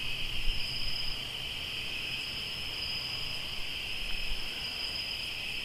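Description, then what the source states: Crickets chirping in a steady high trill chorus over a faint low hum, with only occasional soft thumps. Crickets recorded in Tlayacapan, Morelos.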